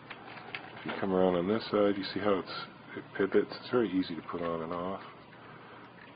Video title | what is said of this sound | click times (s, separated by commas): Mindstorm NXT 2.0 Robot Building Guide: Wheel Track Compact Rover | just going to snap right in there like that | 0.6 s